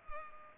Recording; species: mosquito wingbeat signal from an infrared sensor; Culex pipiens